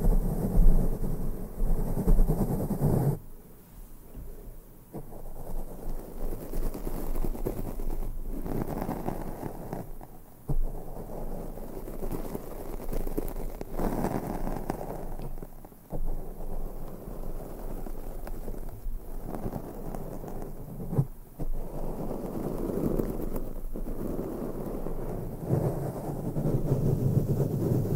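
Dense, rough brushing rubs across a microphone in long sweeping strokes, with heavy low rumbling beneath a softer airy hiss. The strokes swell and fade in waves, briefly thinning around 3, 10, 16 and 21 seconds before resuming at full strength. No voices are heard.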